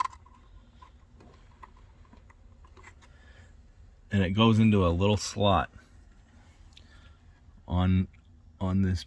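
A hinge spring is placed onto the lid hinge of an iRobot M6 Braava Jet before being pushed into a slot on the clear plastic part, with faint handling ticks in the first few seconds before someone talks. Nothing has seated or clicked yet.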